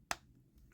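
A plastic forearm is plugged into a building-block figure's arm joint and seats with a single sharp click at 0.1 s. The rest of the clip is quiet low background noise.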